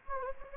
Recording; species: mosquito wingbeat signal from an infrared sensor; Anopheles gambiae